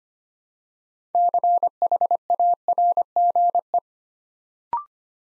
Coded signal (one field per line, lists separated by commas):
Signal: Morse code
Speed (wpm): 25 wpm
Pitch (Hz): 700 Hz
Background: none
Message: CHARGE